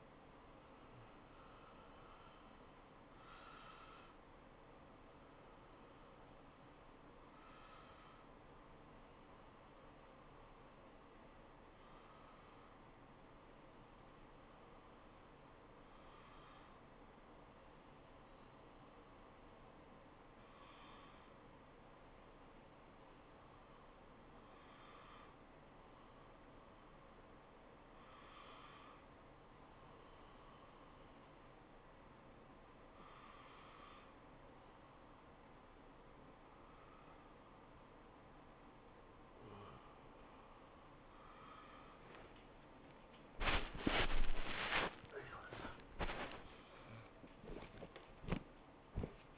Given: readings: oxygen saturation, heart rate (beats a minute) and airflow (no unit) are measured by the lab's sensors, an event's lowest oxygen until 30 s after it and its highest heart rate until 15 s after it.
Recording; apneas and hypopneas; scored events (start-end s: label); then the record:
a person awake in a sleep study, by a voice recorder at the bedside; none
0.00-49.38 s: awake
From the record:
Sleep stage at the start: awake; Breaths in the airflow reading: 20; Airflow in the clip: -0.6 to 0.7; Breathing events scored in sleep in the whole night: 403 in 5.5 hours asleep